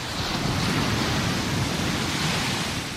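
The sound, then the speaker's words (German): A loud, steady roar of a stormy sea in a violent hurricane, with churning waves averaging 12 metres high and rushing wind, a dense wall of noise that barely rises or falls, with no voices. “Oktober 1991 gerät die Andrea Gale in einen gewaltigen Orkan mit Wellen im Durchschnitt 12 Meter hoch.”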